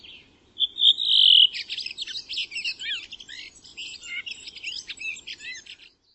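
Bird song: a sustained high whistle, then a rapid jumble of twittering, scratchy high notes for several seconds.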